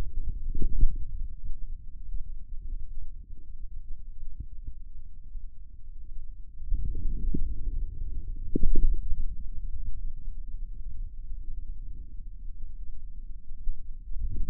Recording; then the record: forearm muscle sounds (acoustic myography)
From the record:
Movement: outward rotation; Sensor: system 2, bracelet of six BSWA MPA416 microphones around the upper forearm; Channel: 3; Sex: male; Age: 22 years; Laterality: right